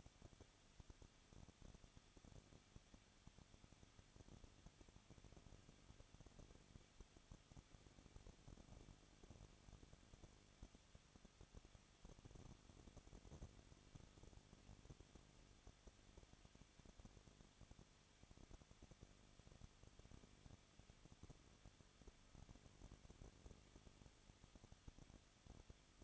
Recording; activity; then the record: daily activity, microphone in the room; no activity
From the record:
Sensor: 4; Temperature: 23.0 degrees Celsius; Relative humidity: 34.4%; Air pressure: 1007.3 hPa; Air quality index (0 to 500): 217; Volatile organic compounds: 15 ppm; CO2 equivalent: 2512 ppm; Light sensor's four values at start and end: 2/3/1/1 and 2/3/1/1